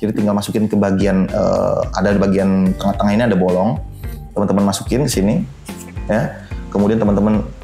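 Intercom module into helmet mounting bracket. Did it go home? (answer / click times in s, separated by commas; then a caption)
no / none. A plastic Immersive Tech Mesh Intercom R10 motorcycle intercom module is guided into the hole in the middle of a helmet mounting bracket while someone talks over background music. The clip ends before the module is pressed home, so nothing has seated or clicked yet.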